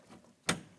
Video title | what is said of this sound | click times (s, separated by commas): How to Replace Rear Exterior Door Handles 2003-2008 Toyota Matrix | Audible click, a light tug. | 0.5 s